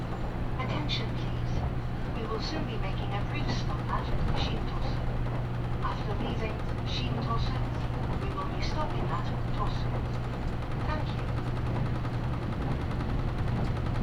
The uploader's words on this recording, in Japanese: 長崎本線 佐賀→鳥栖 特急みどり16号。車内は6割くらいの乗車率でした。